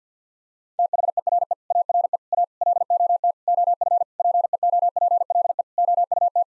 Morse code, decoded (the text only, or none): THERE ARE A LOT OF PEOPLE OUT